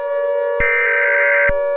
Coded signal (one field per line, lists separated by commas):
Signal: Emergency Alert System (SAME) tones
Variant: header bursts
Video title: EAS Scenario #40: Bunnyman Rampage: Gilead Insurgency